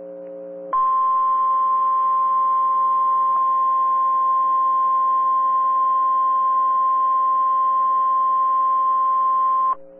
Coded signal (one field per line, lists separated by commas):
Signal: Emergency Alert System (SAME) tones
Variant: 1050 Hz attention tone